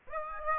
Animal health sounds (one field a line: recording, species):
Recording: mosquito wingbeat signal from an infrared sensor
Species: Aedes aegypti